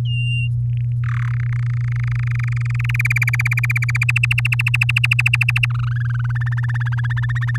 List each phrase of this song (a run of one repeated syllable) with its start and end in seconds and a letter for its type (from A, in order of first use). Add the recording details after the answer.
0.05-0.48 A, 0.69-0.92 B, 1.04-1.32 C, 1.33-2.96 D, 2.99-4.04 E, 4.08-5.66 F, 5.70-6.54 G, 6.57-7.57 H. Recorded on 8 May 2018 at 14:29. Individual llb16